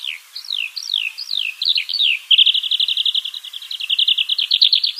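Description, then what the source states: Eurasian Skylark song: quick falling whistled notes give way to a rapid rattling trill, all high-pitched and continuous. Sings over a field; the song is very fast; played at normal speed.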